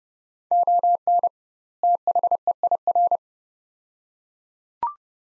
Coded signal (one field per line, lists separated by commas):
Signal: Morse code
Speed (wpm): 29 wpm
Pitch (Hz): 700 Hz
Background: none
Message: ON THEIR